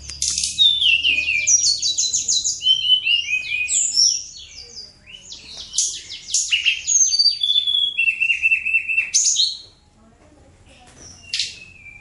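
Bird delivering a dense, fast string of trilled and chirping notes, dropping into lower repeated whistles, then falling quiet before a final short burst.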